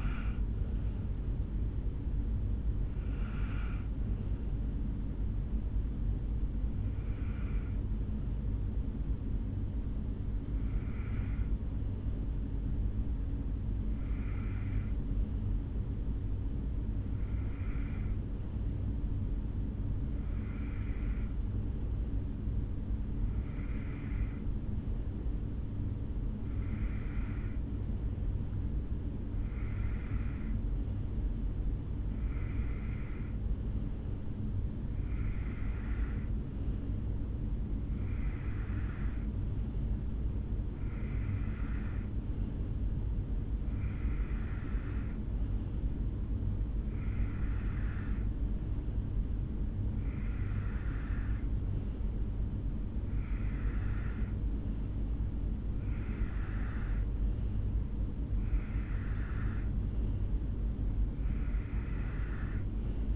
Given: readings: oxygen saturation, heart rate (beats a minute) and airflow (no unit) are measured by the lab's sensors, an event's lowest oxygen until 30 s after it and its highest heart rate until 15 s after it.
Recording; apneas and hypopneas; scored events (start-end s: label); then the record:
breathing in sleep by a smartphone at the bedside; 1
3.00-63.15 s: new sleep stage, N2 (light sleep)
11.00-52.60 s: hypopnea (N2, oxygen 96% highest, then 91% lowest, heart rate 54 at the start, 67 highest)
From the record:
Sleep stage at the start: N1 (lightest sleep); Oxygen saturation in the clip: 88 to 96%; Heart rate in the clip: 53 to 67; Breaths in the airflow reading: 21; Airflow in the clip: -4.2 to 3.5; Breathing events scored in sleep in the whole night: 449 in 7.0 hours asleep